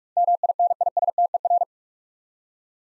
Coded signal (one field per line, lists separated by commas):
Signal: Morse code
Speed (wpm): 44 wpm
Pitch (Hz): 700 Hz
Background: none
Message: MINISTER